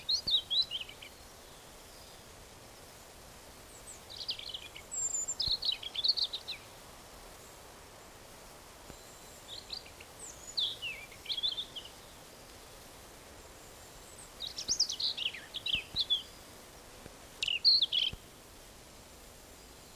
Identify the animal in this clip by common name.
European Robin